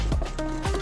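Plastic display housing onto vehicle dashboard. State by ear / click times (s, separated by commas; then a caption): not seated / none. A plastic display housing (bezel) is lined up just above the air vents on a Jeep dashboard and pushed straight on by pressing on the plastic rather than the screen. Two sharp handling knocks land around 0.4 s and 0.7 s over a steady tonal hum. Nothing has seated or clicked yet; the bezel has not snapped home.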